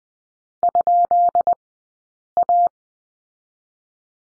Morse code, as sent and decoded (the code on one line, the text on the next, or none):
..--.. .-
?A